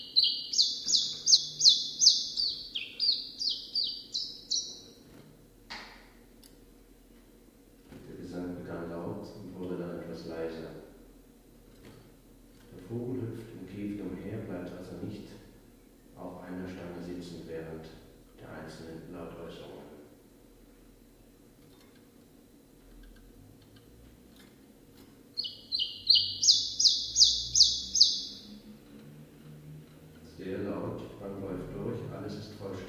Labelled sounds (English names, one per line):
Common Chiffchaff song